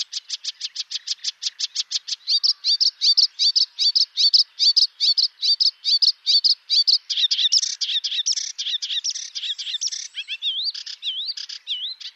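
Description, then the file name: Melodious warbler singing a long, hurried phrase, opening with quick repeated high ticks, then rapid looping whistled notes that turn into a varied, jumbled chatter. "Hypolais polyglotte"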